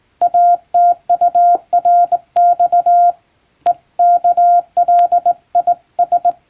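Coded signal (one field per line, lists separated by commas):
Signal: Morse code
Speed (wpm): 22 wpm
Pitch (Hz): 700 Hz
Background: none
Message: ATURX EKLIS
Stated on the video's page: English Morse test practice sent on a straight key by a first-class radiotelegraph operator in Japan.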